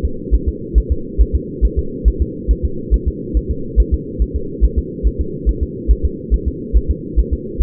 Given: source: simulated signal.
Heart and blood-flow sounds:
fetal heart sounds
0.05 s: S2
0.34 s: S1
0.49 s: S2
0.78 s: S1
0.92 s: S2
1.21 s: S1
1.35 s: S2
1.65 s: S1
1.79 s: S2
2.08 s: S1
2.22 s: S2
2.51 s: S1
2.65 s: S2
2.94 s: S1
3.08 s: S2
3.37 s: S1
3.51 s: S2
3.80 s: S1
3.94 s: S2
4.22 s: S1
4.36 s: S2
4.64 s: S1
4.78 s: S2
5.07 s: S1
5.21 s: S2
5.49 s: S1
5.63 s: S2
5.91 s: S1
6.05 s: S2
6.34 s: S1
6.48 s: S2
6.77 s: S1
6.91 s: S2
7.19 s: S1
7.33 s: S2
7.62 s: S1
From the record:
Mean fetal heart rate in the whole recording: 140 bpm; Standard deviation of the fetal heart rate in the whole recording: 2 bpm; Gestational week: 34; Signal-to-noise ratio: -4.3 dB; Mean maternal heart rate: 72 bpm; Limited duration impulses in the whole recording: present

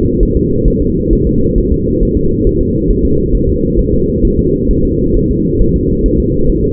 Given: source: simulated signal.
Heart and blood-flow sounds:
fetal heart sounds
0.23 s: S1
0.37 s: S2
0.68 s: S1
0.82 s: S2
1.13 s: S1
1.27 s: S2
1.58 s: S1
1.72 s: S2
2.03 s: S1
2.17 s: S2
2.47 s: S1
2.61 s: S2
2.91 s: S1
3.05 s: S2
3.35 s: S1
3.49 s: S2
3.79 s: S1
3.93 s: S2
4.25 s: S1
4.39 s: S2
4.71 s: S1
4.85 s: S2
5.17 s: S1
5.31 s: S2
5.62 s: S1
5.76 s: S2
6.06 s: S1
6.20 s: S2
6.50 s: S1
6.64 s: S2
From the record:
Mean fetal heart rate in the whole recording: 135 bpm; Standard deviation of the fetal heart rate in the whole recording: 3 bpm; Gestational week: 36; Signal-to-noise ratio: -15.3 dB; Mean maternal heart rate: 72 bpm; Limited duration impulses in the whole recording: present

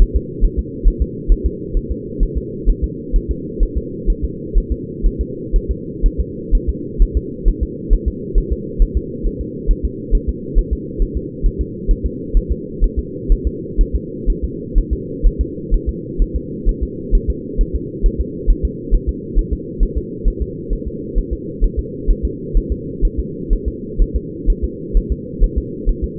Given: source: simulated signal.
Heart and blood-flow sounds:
fetal heart sounds
0.02 s: S1
0.16 s: S2
0.45 s: S1
0.59 s: S2
0.88 s: S1
1.02 s: S2
1.32 s: S1
1.46 s: S2
1.77 s: S1
1.91 s: S2
2.23 s: S1
2.38 s: S2
2.70 s: S1
2.84 s: S2
3.16 s: S1
3.31 s: S2
3.63 s: S1
3.77 s: S2
4.10 s: S1
4.24 s: S2
4.58 s: S1
4.72 s: S2
5.07 s: S1
5.21 s: S2
5.56 s: S1
5.71 s: S2
6.06 s: S1
6.20 s: S2
6.55 s: S1
6.69 s: S2
7.02 s: S1
7.17 s: S2
7.48 s: S1
7.63 s: S2
7.93 s: S1
8.08 s: S2
8.38 s: S1
8.52 s: S2
8.82 s: S1
8.97 s: S2
9.27 s: S1
9.41 s: S2
9.71 s: S1
9.85 s: S2
10.15 s: S1
10.29 s: S2
10.59 s: S1
10.73 s: S2
11.02 s: S1
11.17 s: S2
11.46 s: S1
11.61 s: S2
11.91 s: S1
12.06 s: S2
12.37 s: S1
12.52 s: S2
12.84 s: S1
12.99 s: S2
13.32 s: S1
13.47 s: S2
13.81 s: S1
13.95 s: S2
14.30 s: S1
14.44 s: S2
14.78 s: S1
14.93 s: S2
15.27 s: S1
15.41 s: S2
15.74 s: S1
15.89 s: S2
16.22 s: S1
16.36 s: S2
16.69 s: S1
16.83 s: S2
17.15 s: S1
17.30 s: S2
17.61 s: S1
17.75 s: S2
18.06 s: S1
18.20 s: S2
18.50 s: S1
18.65 s: S2
18.95 s: S1
19.09 s: S2
19.39 s: S1
19.53 s: S2
19.83 s: S1
19.98 s: S2
20.28 s: S1
20.42 s: S2
20.73 s: S1
20.88 s: S2
21.19 s: S1
21.33 s: S2
21.64 s: S1
21.79 s: S2
22.11 s: S1
22.25 s: S2
22.57 s: S1
22.72 s: S2
23.05 s: S1
23.20 s: S2
23.53 s: S1
23.68 s: S2
24.02 s: S1
24.16 s: S2
24.50 s: S1
24.64 s: S2
24.97 s: S1
25.12 s: S2
25.44 s: S1
25.58 s: S2
25.89 s: S1
26.04 s: S2
From the record:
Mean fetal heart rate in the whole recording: 130 bpm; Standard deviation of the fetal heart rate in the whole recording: 4 bpm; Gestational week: 38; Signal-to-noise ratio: -4.1 dB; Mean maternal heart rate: no maternal heart sound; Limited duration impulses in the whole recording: absent

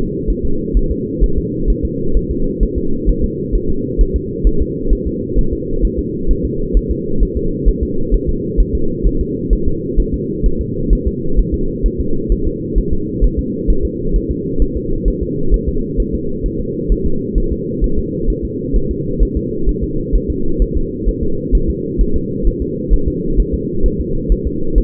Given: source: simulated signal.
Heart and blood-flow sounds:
fetal heart sounds
0.30 s: S1
0.45 s: S2
0.77 s: S1
0.91 s: S2
1.24 s: S1
1.38 s: S2
1.70 s: S1
1.85 s: S2
2.17 s: S1
2.31 s: S2
2.63 s: S1
2.78 s: S2
3.09 s: S1
3.24 s: S2
3.55 s: S1
3.70 s: S2
4.01 s: S1
4.16 s: S2
4.47 s: S1
4.62 s: S2
4.93 s: S1
5.07 s: S2
5.39 s: S1
5.53 s: S2
5.85 s: S1
5.99 s: S2
6.31 s: S1
6.45 s: S2
6.77 s: S1
6.91 s: S2
7.23 s: S1
7.37 s: S2
7.69 s: S1
7.83 s: S2
8.14 s: S1
8.29 s: S2
8.60 s: S1
8.75 s: S2
9.06 s: S1
9.21 s: S2
9.53 s: S1
9.68 s: S2
10.00 s: S1
10.14 s: S2
10.46 s: S1
10.61 s: S2
10.93 s: S1
11.07 s: S2
11.39 s: S1
11.54 s: S2
11.86 s: S1
12.00 s: S2
12.32 s: S1
12.47 s: S2
12.78 s: S1
12.93 s: S2
13.24 s: S1
13.39 s: S2
13.70 s: S1
13.85 s: S2
14.16 s: S1
14.31 s: S2
14.62 s: S1
14.77 s: S2
15.08 s: S1
15.23 s: S2
15.54 s: S1
15.69 s: S2
16.00 s: S1
16.14 s: S2
16.46 s: S1
16.60 s: S2
16.92 s: S1
17.06 s: S2
17.38 s: S1
17.52 s: S2
17.84 s: S1
17.99 s: S2
18.30 s: S1
18.45 s: S2
18.76 s: S1
18.91 s: S2
19.22 s: S1
19.37 s: S2
19.69 s: S1
19.84 s: S2
20.15 s: S1
20.30 s: S2
20.62 s: S1
20.77 s: S2
21.08 s: S1
21.23 s: S2
21.55 s: S1
21.70 s: S2
22.01 s: S1
22.16 s: S2
22.47 s: S1
22.62 s: S2
22.94 s: S1
23.08 s: S2
23.40 s: S1
23.54 s: S2
23.86 s: S1
24.00 s: S2
24.32 s: S1
24.47 s: S2
24.78 s: S1
From the record:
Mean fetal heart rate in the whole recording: 130 bpm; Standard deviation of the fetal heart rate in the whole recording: 2 bpm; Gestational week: 36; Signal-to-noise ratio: -8.1 dB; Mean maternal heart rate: 72 bpm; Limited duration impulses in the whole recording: absent

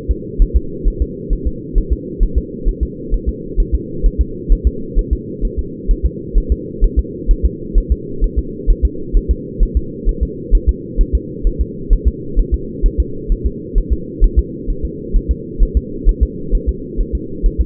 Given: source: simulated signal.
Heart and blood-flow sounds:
fetal heart sounds
0.11 s: S2
0.42 s: S1
0.56 s: S2
0.88 s: S1
1.02 s: S2
1.33 s: S1
1.47 s: S2
1.78 s: S1
1.92 s: S2
2.23 s: S1
2.38 s: S2
2.69 s: S1
2.83 s: S2
3.14 s: S1
3.29 s: S2
3.60 s: S1
3.75 s: S2
4.06 s: S1
4.21 s: S2
4.52 s: S1
4.67 s: S2
4.99 s: S1
5.13 s: S2
5.45 s: S1
5.59 s: S2
5.91 s: S1
6.06 s: S2
6.38 s: S1
6.52 s: S2
6.84 s: S1
6.99 s: S2
7.31 s: S1
7.45 s: S2
7.78 s: S1
7.92 s: S2
8.24 s: S1
8.39 s: S2
8.70 s: S1
8.85 s: S2
9.17 s: S1
9.31 s: S2
9.63 s: S1
9.77 s: S2
10.09 s: S1
10.23 s: S2
10.55 s: S1
10.69 s: S2
11.01 s: S1
11.15 s: S2
11.47 s: S1
11.61 s: S2
11.93 s: S1
12.08 s: S2
12.39 s: S1
12.54 s: S2
12.86 s: S1
13.00 s: S2
13.32 s: S1
13.46 s: S2
13.78 s: S1
13.93 s: S2
14.24 s: S1
14.39 s: S2
14.70 s: S1
14.85 s: S2
15.16 s: S1
15.31 s: S2
15.63 s: S1
15.77 s: S2
16.09 s: S1
16.23 s: S2
16.55 s: S1
16.69 s: S2
17.01 s: S1
17.15 s: S2
17.46 s: S1
17.61 s: S2
From the record:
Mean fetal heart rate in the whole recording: 130 bpm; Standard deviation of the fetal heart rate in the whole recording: 2 bpm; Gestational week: 38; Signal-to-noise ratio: -4.3 dB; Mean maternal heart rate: 72 bpm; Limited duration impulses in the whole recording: absent

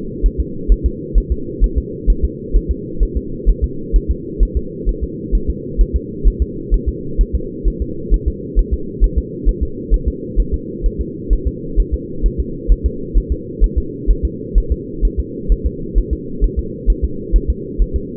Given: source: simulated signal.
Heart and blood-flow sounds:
fetal heart sounds
0.26 s: S1
0.40 s: S2
0.72 s: S1
0.86 s: S2
1.18 s: S1
1.32 s: S2
1.64 s: S1
1.78 s: S2
2.10 s: S1
2.24 s: S2
2.56 s: S1
2.71 s: S2
3.03 s: S1
3.17 s: S2
3.49 s: S1
3.64 s: S2
3.96 s: S1
4.11 s: S2
4.43 s: S1
4.57 s: S2
4.89 s: S1
5.03 s: S2
5.35 s: S1
5.50 s: S2
5.81 s: S1
5.96 s: S2
6.27 s: S1
6.42 s: S2
6.74 s: S1
6.89 s: S2
7.21 s: S1
7.35 s: S2
7.68 s: S1
7.82 s: S2
8.14 s: S1
8.28 s: S2
8.59 s: S1
8.73 s: S2
9.04 s: S1
9.18 s: S2
9.49 s: S1
9.63 s: S2
9.94 s: S1
10.08 s: S2
10.40 s: S1
10.54 s: S2
10.86 s: S1
11.01 s: S2
11.33 s: S1
11.47 s: S2
11.80 s: S1
11.94 s: S2
12.26 s: S1
12.40 s: S2
12.72 s: S1
12.86 s: S2
13.17 s: S1
13.32 s: S2
13.64 s: S1
13.78 s: S2
14.11 s: S1
14.25 s: S2
14.58 s: S1
14.72 s: S2
15.05 s: S1
15.19 s: S2
15.52 s: S1
15.66 s: S2
15.98 s: S1
16.13 s: S2
16.44 s: S1
16.59 s: S2
16.90 s: S1
17.04 s: S2
17.36 s: S1
17.50 s: S2
17.82 s: S1
17.96 s: S2
From the record:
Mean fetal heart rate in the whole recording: 130 bpm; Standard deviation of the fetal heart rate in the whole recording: 2 bpm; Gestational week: 36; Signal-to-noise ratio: -4.3 dB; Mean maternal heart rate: 72 bpm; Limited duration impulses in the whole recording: absent

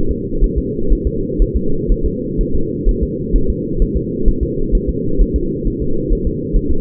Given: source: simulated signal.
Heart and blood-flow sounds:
fetal heart sounds
0.11 s: S2
0.44 s: S1
0.58 s: S2
0.92 s: S1
1.07 s: S2
1.42 s: S1
1.56 s: S2
1.92 s: S1
2.06 s: S2
2.41 s: S1
2.55 s: S2
2.89 s: S1
3.03 s: S2
3.36 s: S1
3.50 s: S2
3.82 s: S1
3.97 s: S2
4.28 s: S1
4.43 s: S2
4.75 s: S1
4.89 s: S2
5.22 s: S1
5.36 s: S2
5.67 s: S1
5.82 s: S2
6.12 s: S1
6.27 s: S2
6.56 s: S1
6.71 s: S2
From the record:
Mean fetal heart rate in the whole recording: 130 bpm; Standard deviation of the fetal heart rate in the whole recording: 4 bpm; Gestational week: 38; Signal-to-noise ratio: -8.1 dB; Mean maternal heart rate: 72 bpm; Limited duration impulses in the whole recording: absent

